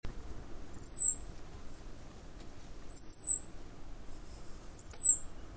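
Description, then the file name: European robin giving thin, very high, slightly falling whistled calls, three of them roughly every two seconds, over a low background rumble. "Erithacus rubecula"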